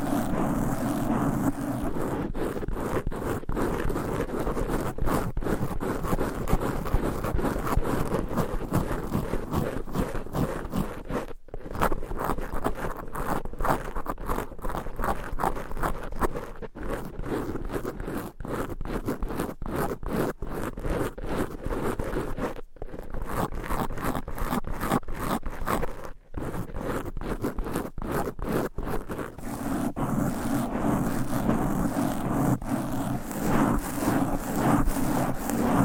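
Fast, aggressive scratching on microphone covers with nails, a dense rasping texture that runs almost the whole time. Rapid strokes pile up in quick bursts, broken by brief near-silent gaps around 11, 23 and 26 seconds. A low rumble sits underneath at the start and end.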